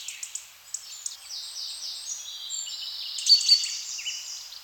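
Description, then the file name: Small birds singing, a few sharp high chips at the start, then long thin high trills and buzzy sustained notes that overlap and swell toward the end. "zanna metrorio passarinhos"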